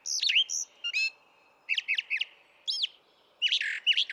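Brown thrasher song: a series of sharp, varied chirped phrases, some repeated in pairs, with short silences between them.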